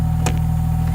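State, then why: Released. On a 2001 Porsche 911 Turbo, the metal engine compartment lid latch releases with one short, sharp click at 0.3 seconds. A steady low hum runs underneath throughout. The lid latch is released.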